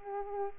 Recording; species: mosquito wingbeat signal from an infrared sensor; Aedes aegypti